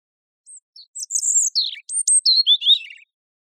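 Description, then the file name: European robin song: thin high notes leading into a sustained whistle, a falling slur, sharp upslurred notes and a closing rattle-like trill. "Erithacus rubecula"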